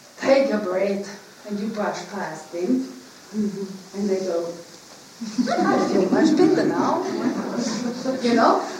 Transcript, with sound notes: take a breath and you brush past them, and they go... (looks around and makes a big smile. Everyone laughs) I feel much better now, you know?